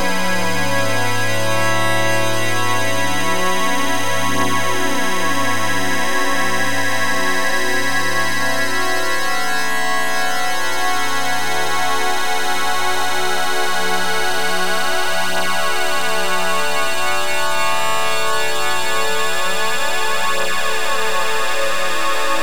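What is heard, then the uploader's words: An analog drone holds steady and dense, its layered tones slowly shifting and pulsing, with a low throbbing beat that fades out after ten seconds. Droneo 1.1 playing an analog consort drone via an evolving mirror patch. BaseFreq: D1.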